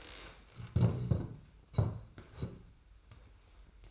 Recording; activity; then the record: daily activity, microphone in the room; stand up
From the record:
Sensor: 2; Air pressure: 990.4 hPa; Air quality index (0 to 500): 182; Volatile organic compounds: 1000 ppm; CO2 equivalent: 5788 ppm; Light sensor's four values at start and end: 29/66/27/27 and 29/66/28/28